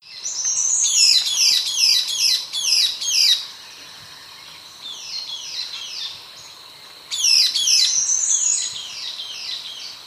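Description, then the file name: Sultan tit calls: three bouts of rapid, repeated high down-slurred notes, loud at the start and end and softer in between, over constant background hiss. Subspecies flavocristata. "Sultan Tit Melanochlora sultanea flavocristata"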